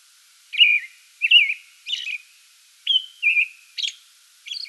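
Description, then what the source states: American robin giving a few whistled phrases separated by brief gaps, ending with high squeaky notes. Song bout recorded 8 May 2022.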